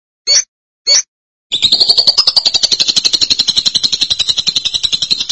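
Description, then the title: Lovebird giving two short sharp chirps, then a continuous quick buzzy chattering trill. "BM Suara Burung Lovebird"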